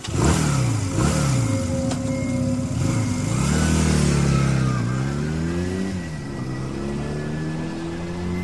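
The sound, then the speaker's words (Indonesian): A motorcycle taxi's engine runs loudly throughout, revving in repeated rising and falling surges before settling into a steadier, lower drone as the rider pulls away toward a pickup point. No voices. “Aku segera meraih motor dan berangkat.”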